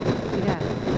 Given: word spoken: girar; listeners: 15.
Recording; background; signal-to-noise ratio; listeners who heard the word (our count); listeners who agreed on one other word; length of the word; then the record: one Spanish word in noise, from a listening test; noise modulated by three-talker babble; -6.3 dB; 1 of 15; 7 of 15; 0.58 s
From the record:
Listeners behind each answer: 7, 4, 2, 1, 1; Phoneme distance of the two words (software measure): 31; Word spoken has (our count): 2 syllables, 5 phonemes, stress on syllable 2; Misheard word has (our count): 3 syllables, 8 phonemes, stress on syllable 3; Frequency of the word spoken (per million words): 10.73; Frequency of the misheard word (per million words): 13.62